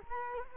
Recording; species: mosquito wingbeat signal from an infrared sensor; Culex quinquefasciatus